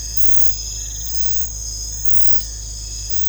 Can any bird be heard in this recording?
no